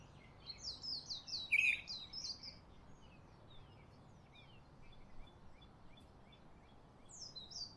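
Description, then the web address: Bird twittering: a busy burst of high, rapid chirps at first, then scattered faint notes over steady hiss. Recorded in Honolulu in the morning. "lynne-publishing Honolulu Morning Bird Close Up"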